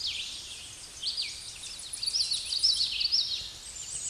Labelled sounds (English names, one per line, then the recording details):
Common Yellowthroat song
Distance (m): 10 m
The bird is about 5 m above the microphone
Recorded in a Pennsylvania forest on 16 May 2024 at 08:58
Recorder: AudioMoth, point MSD-2110
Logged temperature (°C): 16.4 °C
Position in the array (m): 42 m, 181 m